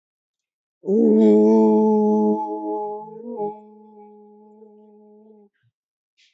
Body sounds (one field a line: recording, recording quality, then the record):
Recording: sustained vowel as in boot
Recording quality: excellent, no background noise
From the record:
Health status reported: healthy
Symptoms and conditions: none ticked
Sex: male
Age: 35 years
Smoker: not ticked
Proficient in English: yes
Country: India